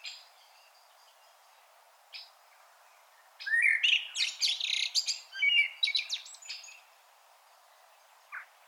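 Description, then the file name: Common blackbird singing: scattered faint high notes, then a loud burst of mellow whistles running into rapid, shrill twittering, ending with a single short note. "Turdus merula"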